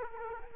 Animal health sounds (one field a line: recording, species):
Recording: mosquito wingbeat signal from an infrared sensor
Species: Culex quinquefasciatus